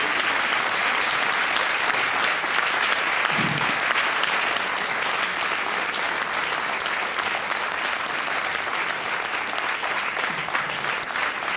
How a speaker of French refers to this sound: Des applaudissements nourris pour votre combat et votre témoignage. Bravo.